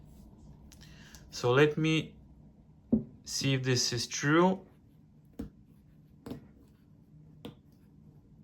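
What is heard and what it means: Someone talks while pushing a foam windscreen onto the grille of a Shure SM7B dynamic microphone to test whether it clicks into place. Faint clicks and taps are heard, and the windscreen clicks into place at 7.5 s, confirming it is seated.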